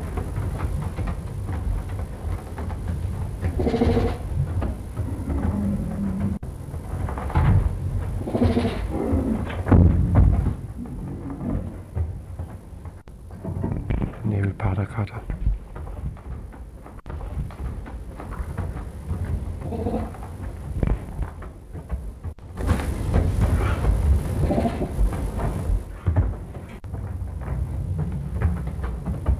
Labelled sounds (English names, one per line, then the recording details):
Clouded Leopard
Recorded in captivity
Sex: male
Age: adult
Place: Tierpark Berlin, Berlin, DE
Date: 1962-02-24 14:00
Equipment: Minifon, Kopie Smaragd
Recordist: Tembrock, Günter